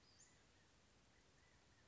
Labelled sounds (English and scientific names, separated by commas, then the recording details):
Western Flycatcher (Empidonax difficilis)
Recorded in Sonoma County, California